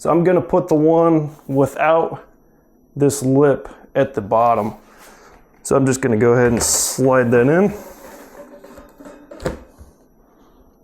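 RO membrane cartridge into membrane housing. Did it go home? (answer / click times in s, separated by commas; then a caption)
yes / 9.5 s. Someone talks while a reverse osmosis membrane cartridge, the end without the lip at the bottom, is slid down into its plastic membrane housing. After the talk, a short sharp click is heard at 9.5 s as it seats, though it is not yet certain to be fully in.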